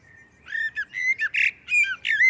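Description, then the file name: Common blackbird song phrases: a rapid series of short whistled and squeaky notes with sharp pitch sweeps, some harsher chattering elements, in a quiet background. "Turdus merula"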